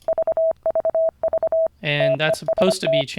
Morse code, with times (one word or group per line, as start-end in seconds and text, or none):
0.1-1.7 VVV
2.0-3.0 TEST